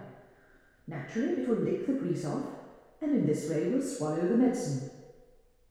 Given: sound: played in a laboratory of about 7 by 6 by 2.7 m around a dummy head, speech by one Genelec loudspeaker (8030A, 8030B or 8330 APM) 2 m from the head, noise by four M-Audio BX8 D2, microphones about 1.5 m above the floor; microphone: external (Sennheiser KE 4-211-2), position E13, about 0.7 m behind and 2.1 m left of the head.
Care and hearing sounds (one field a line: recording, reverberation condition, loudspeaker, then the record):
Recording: female speech in English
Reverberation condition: high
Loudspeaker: 90 degrees to the left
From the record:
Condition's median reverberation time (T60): about 1300 ms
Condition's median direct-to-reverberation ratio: about -4.0 dB